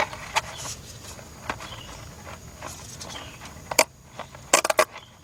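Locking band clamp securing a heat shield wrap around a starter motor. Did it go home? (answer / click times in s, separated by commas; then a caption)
yes / 3.8 s, 4.5 s. A locking band clamp wrapped around a heat shield on a car starter motor is pushed and pulled through its lock under the vehicle. It gives sharp clicks at 3.8 s and 4.5 s, followed by a couple of quick smaller clicks, over faint background noise. The clamp clicks into place and is seated, securing the heat shield wrap.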